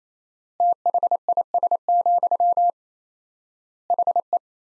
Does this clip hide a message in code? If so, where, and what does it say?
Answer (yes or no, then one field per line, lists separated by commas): yes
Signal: Morse code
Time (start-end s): 0.6-4.4 s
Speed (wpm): 28 wpm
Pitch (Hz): 700 Hz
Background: none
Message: THIS, HE